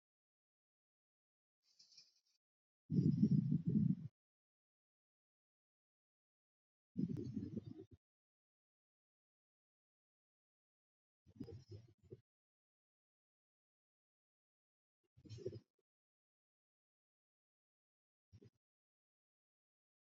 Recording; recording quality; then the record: deep breathing; excellent, no background noise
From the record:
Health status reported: exposed to COVID-19, no respiratory illness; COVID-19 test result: negative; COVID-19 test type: RT-PCR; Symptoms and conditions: sore throat, another condition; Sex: female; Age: 37 years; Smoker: no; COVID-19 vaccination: both doses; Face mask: not worn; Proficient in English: yes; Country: India